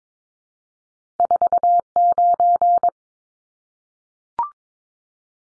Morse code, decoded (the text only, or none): 49